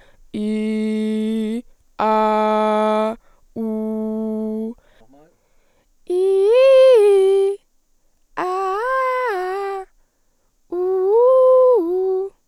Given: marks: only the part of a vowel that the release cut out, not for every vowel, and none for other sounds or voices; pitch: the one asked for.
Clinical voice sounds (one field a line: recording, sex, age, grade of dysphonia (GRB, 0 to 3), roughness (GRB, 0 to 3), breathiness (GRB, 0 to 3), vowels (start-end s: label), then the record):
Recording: sustained vowels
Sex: female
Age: 18 to 19 years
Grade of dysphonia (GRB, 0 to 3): 0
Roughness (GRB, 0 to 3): 0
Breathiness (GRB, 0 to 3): 0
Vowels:
0.41-1.53 s: vowel /i/, low pitch
2.06-3.05 s: vowel /a/, low pitch
3.64-4.64 s: vowel /u/, low pitch
6.17-7.43 s: vowel /i/, low-high-low pitch
8.47-9.67 s: vowel /a/, low-high-low pitch
10.79-12.17 s: vowel /u/, low-high-low pitch
From the record:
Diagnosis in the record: healthy voice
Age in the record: 19 years